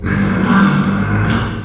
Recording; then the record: squeal of a Yucatan mini pig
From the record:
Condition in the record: after surgery on the right vocal fold (resection and tissue-engineered implant); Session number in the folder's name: 16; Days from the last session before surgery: 183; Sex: female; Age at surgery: 19 weeks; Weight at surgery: 25 kg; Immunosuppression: prednisolone